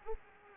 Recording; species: mosquito wingbeat signal from an infrared sensor; Anopheles arabiensis